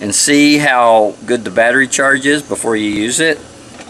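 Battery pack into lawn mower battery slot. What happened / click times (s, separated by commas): Handled, no seating click yet / none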